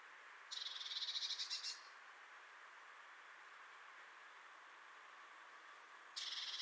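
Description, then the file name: Great tit making a dry, buzzy churr, a fast pulsed rattle about a second long, then starting again near the end over a steady hiss. "Parus major"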